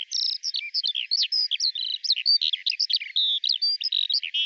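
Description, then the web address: Bird chattering nonstop in high, varied chirps and short whistles, some notes flat and pure, others quick and twisted, packed closely together. "Deverinetal 2025 File cleaned normalized Bird Al Ar"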